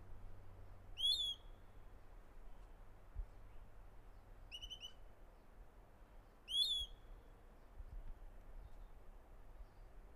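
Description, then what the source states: Flycatcher calling with three brief, clear, slurred notes spaced a few seconds apart, with a constant low hum beneath. Local name tuquichico; song.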